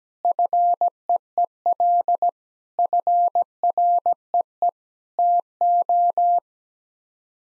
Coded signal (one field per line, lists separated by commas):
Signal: Morse code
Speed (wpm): 17 wpm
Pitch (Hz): 700 Hz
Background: none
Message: FEEL FREE TO